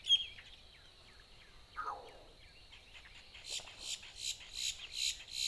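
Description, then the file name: Boat-tailed grackle, a loud run of harsh rasping notes beginning midway and repeated steadily to the end, after soft twittering calls and a constant high-pitched background hum. Recorded 14 April 2018. "2018-04-14 BTGR"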